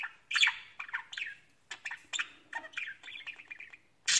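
Budgerigar chatter: scattered squeaky and scratchy notes with a few drawn-out buzzy warbles, ending in a harsh squawk.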